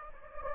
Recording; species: mosquito wingbeat signal from an infrared sensor; Anopheles gambiae